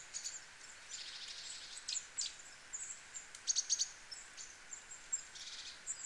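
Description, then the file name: Great tit calling with short high chirps and rapid ticking clusters, in several groups against a constant hiss. "Parus major"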